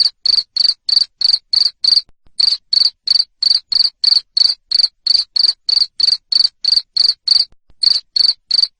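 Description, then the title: Cricket giving loud, shrill chirps in a fast regular series, roughly three per second, broken by a couple of short gaps. Loud cricket chirping to stimulate lovebirds to sing continuously. "Suara JANGKRIK NGERIK Keras Bikin LOVEBIRD Jadi NGEKEK Terus Vubey"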